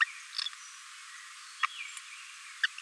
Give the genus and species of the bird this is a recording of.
Forpus passerinus